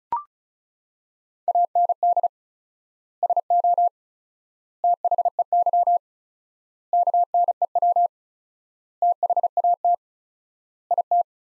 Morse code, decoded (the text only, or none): AND SO THEY KNEW THAT IT